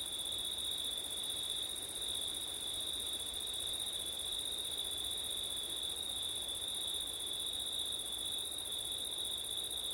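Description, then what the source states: Crickets keep up an even, unbroken shrill trill across the whole stretch. Crickets on a windy September night; ortif (ORTF) microphone setup.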